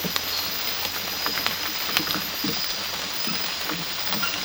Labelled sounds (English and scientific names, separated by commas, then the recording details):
none
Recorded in secondary vegetation near Puerto Asís, Putumayo, Colombia, on 8 March 2025 at 02:30
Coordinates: 0.498, -76.327
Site G001